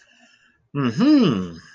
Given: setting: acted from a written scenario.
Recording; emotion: vocal sound without words; realization